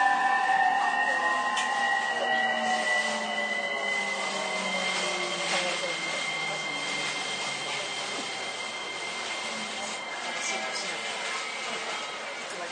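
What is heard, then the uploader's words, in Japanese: A JR East 231 series train runs with a steady, dense rumble and hiss throughout. Several whining motor tones glide slowly downward in pitch over the whole stretch as the train slows, over a fixed high whistle-like tone, with occasional soft clicks and knocks. JRE231系 伊東〜横浜。区間は伊東線→東海道線です。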